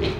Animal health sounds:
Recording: contact call of a hoofed animal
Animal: pig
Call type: closed-mouth grunt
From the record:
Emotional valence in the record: positive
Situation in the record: food and toys in familiar pen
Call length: 0.20 s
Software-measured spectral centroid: 1900 Hz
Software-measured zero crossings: 1760 a second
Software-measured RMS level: -24 dBFS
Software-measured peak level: -12 dBFS

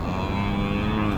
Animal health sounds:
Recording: contact call of a hoofed animal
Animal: cattle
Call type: low-frequency (closed-mouth) or high-frequency (open-mouth) call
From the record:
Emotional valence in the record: negative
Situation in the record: full separation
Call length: 1.18 s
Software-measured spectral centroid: 1580 Hz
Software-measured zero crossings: 1280 a second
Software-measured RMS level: -24 dBFS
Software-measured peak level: -12 dBFS

